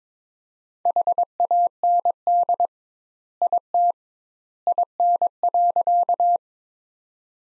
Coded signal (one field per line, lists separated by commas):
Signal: Morse code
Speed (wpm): 22 wpm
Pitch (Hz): 700 Hz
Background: none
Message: HAND IT IN.